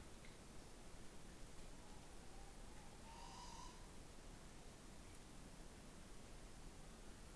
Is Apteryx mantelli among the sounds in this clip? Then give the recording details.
no. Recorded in New Zealand on 16 November 2013. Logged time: 22:29. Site BS16